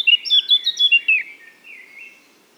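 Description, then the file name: Eurasian blackcap singing a short burst of loud, clear whistled notes that fades into a soft, scratchy trailing warble. "Sylvia atricapilla"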